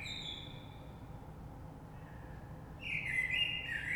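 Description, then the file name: Common blackbird: a faint sustained note at the start, then a fluted song phrase near the end, with quiet background noise. Recorded 3 March 2020. "Rush Merle"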